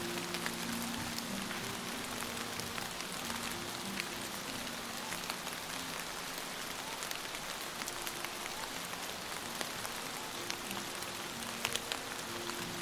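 Rain falls steadily, with dense drops tapping on leaves and the ground throughout. Scattered sharper drips stand out now and then, especially near the end. Beneath the rain, a soft sustained low tone drifts in and out, like quiet music.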